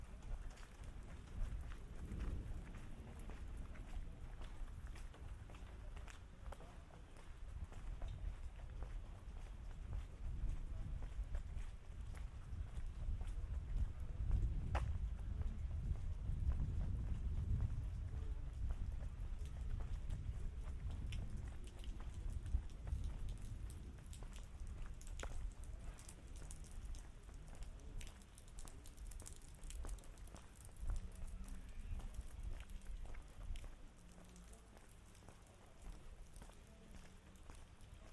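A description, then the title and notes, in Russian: A walk through mountainous Dagestan, carried mostly by a deep, blustery rumble like wind buffeting the microphone. It swells to its strongest between about 13 and 20 seconds, then eases off. Faint scattered clicks and rustles run through it, possibly footsteps. Саундскейп - погружение в атмосферу Горного Дагестана. Прогуляйся по высокогорному селу Гуниб. Прогулка по Горному Дагестану.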